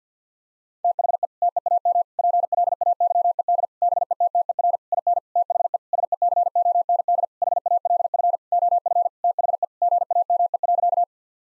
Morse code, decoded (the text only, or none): THE TEAM PLAYED BETTER IN THE SECOND HALF OF THE GAME.